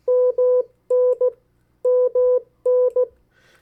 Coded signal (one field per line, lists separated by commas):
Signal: Morse code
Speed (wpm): 16 wpm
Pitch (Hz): 500 Hz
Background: none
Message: MN MN